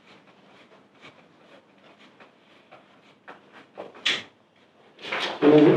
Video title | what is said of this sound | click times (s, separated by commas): Malcove e bike seminar | And when it makes a little click, don't worry about it, because it's the cover clicking over the metal here. | 4.1 s